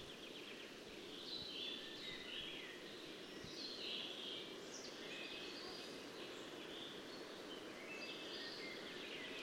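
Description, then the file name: European robin singing high, twittering phrases that mix quick slurred notes and short trills, fairly continuous against a constant rushing noise. "Erithacus rubecula"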